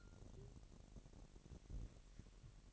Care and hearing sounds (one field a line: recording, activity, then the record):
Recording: daily activity, microphone in the room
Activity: take from stove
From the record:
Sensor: 4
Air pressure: 1012.8 hPa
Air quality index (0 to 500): 238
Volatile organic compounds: 4 ppm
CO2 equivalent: 1587 ppm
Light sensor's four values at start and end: 27/65/26/25 and 27/64/26/25